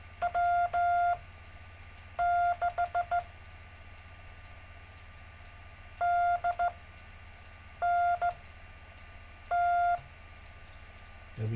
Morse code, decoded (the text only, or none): W6DNT